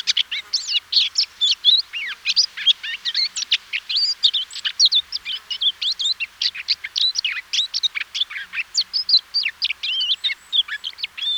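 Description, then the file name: Eurasian blackcap warbling continuously, a dense stream of quick, varied twittering notes without any real pause throughout. "Sylvia atricapilla"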